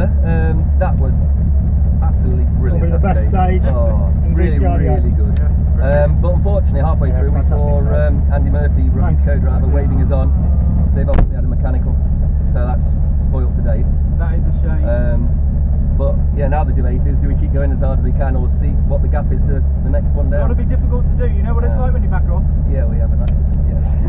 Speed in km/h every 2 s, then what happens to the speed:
0, 0, 0, 0, 0, 0, 0, 0, 0, 0, 0, 0.
0-24 standing.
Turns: none.